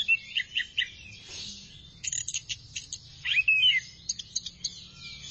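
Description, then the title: Thrush song, high chirps and a few slurred whistles with short pauses, over a hissing background. "burung anis x"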